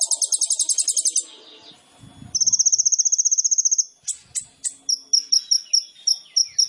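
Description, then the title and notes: Sunbird song: a fast series of high notes, then a long rapid trill, followed by sharp high chips and repeated thin notes. Indonesian masteran training recording of a full, varied sunbird song with fills and bursts, meant to prompt other birds to sing. "MASTERAN KOLIBRI NINJA TERBAIK FULL ISIAN DAN TEMBAKAN MEWAH COCOK BUAT PANCINGAN. Suara Burung Kolibri Ninja Gacor"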